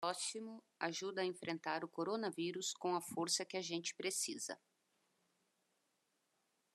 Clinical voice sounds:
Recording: spoken sentence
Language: Brazilian Portuguese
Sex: female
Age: 50 to 59 years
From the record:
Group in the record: control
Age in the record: 51 years

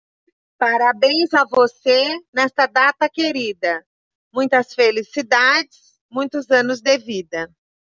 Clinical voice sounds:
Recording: short text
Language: Brazilian Portuguese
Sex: female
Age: 50 to 59 years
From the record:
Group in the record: control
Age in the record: 53 years

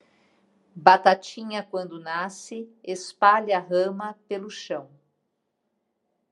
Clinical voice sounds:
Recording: short text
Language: Brazilian Portuguese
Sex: female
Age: 50 to 59 years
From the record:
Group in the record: control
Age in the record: 58 years

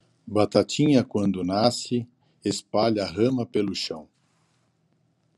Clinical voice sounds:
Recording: short text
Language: Brazilian Portuguese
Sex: male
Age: 60 to 69 years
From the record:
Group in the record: control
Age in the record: 62 years

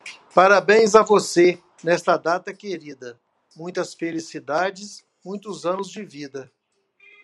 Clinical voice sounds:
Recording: short text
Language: Brazilian Portuguese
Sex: male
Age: 50 to 59 years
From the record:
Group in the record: control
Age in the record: 56 years

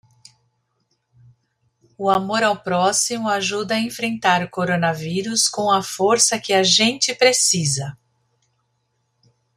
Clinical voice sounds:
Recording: spoken sentence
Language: Brazilian Portuguese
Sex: female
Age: 40 to 49 years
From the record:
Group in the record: control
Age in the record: 48 years

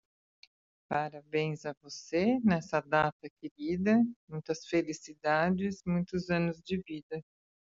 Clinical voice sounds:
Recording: short text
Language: Brazilian Portuguese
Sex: female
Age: 50 to 59 years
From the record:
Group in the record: control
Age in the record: 54 years

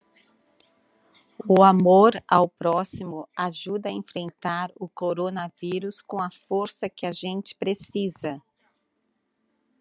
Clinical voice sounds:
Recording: spoken sentence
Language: Brazilian Portuguese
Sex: female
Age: 50 to 59 years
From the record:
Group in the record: control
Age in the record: 52 years

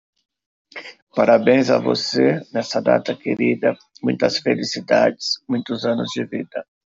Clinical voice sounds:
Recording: short text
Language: Brazilian Portuguese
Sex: male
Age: 50 to 59 years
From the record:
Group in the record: control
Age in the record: 51 years

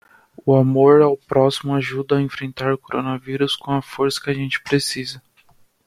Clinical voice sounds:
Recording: spoken sentence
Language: Brazilian Portuguese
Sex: male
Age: 20 to 29 years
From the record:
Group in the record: control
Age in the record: 25 years

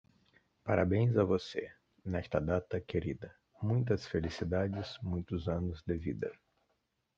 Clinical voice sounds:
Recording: short text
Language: Brazilian Portuguese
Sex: male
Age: 40 to 49 years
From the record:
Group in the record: control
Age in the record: 44 years

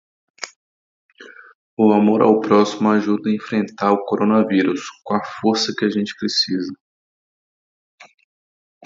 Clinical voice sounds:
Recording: spoken sentence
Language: Brazilian Portuguese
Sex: male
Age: 30 to 39 years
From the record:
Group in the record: control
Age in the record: 30 years

